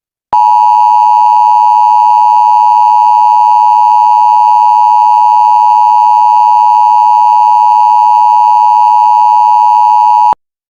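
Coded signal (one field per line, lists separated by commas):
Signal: Emergency Alert System (SAME) tones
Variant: 853 and 960 Hz attention tone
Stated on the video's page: Mock EAS scenario for a Cascadia hurricane.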